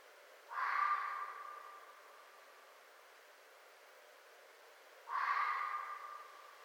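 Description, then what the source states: Red fox calls twice, a rough drawn-out scream about every four and a half seconds, each dying away slowly over faint steady hiss. Recorded 4 May 2011.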